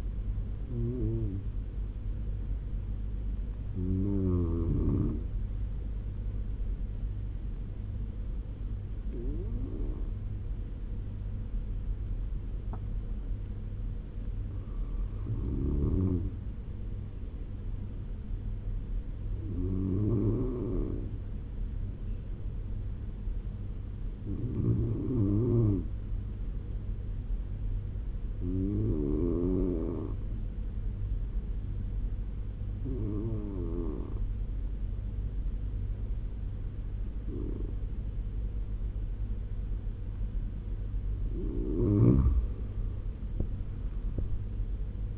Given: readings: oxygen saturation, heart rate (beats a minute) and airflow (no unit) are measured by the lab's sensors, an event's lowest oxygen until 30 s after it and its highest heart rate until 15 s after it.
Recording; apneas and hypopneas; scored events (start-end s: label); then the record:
breathing in sleep by a smartphone at the bedside; 1
3.00-41.10 s: hypopnea (N1, oxygen 97% highest, then 89% lowest, heart rate 73 at the start, 90 highest)
From the record:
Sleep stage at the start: N1 (lightest sleep); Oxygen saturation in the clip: 92 to 97%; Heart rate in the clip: 70 to 87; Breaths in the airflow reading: 8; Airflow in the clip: -11.4 to 15.9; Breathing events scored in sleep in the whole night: 201 in 6.5 hours asleep